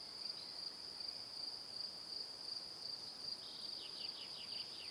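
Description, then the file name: Crickets chirp in fast regular pulses; toward the end a quick series of falling chirps joins the chorus. Evening. "Calm - Evening Crickets"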